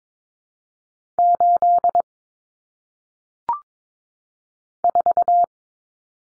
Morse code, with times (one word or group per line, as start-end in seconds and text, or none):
1.2-2.0 8
4.8-5.4 4